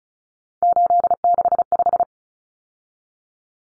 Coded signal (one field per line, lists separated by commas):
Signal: Morse code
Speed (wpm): 34 wpm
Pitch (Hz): 700 Hz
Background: none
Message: 865